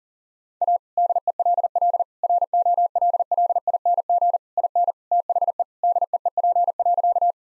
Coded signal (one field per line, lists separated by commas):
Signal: Morse code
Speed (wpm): 40 wpm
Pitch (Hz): 700 Hz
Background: none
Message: A DELL ROLLING IN THE DEEP.